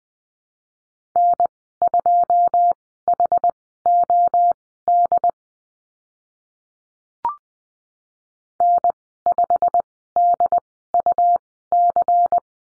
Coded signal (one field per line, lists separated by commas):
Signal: Morse code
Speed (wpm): 20 wpm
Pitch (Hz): 700 Hz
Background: none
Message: N2HOD N5DUC